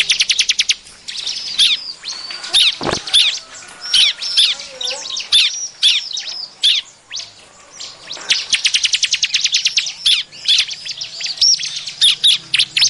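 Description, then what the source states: Bar-winged prinia, shrill chirping calls in irregular clusters, a short buzzy rattle near the start and rapid ticking series toward the end. Noisy calls, used as a lure to attract birds.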